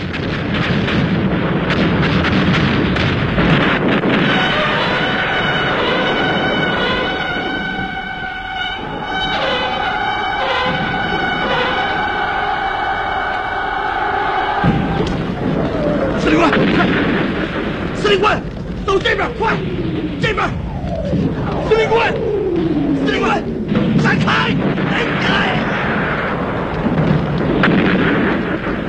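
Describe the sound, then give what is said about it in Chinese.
Heavy artillery explosions boom again and again through a continuous, loud battle din as Liao Yaoxiang's forces are routed and his adjutant is killed by the shelling, with sustained shouting voices in the first half and sharper, rapid blasts crowding together toward the end. “廖耀湘的副官被炸死了，他自己也做了俘虏。”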